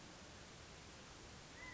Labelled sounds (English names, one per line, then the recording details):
California Quail
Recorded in Sonoma County, California